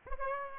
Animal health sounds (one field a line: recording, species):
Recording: mosquito wingbeat signal from an infrared sensor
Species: Aedes aegypti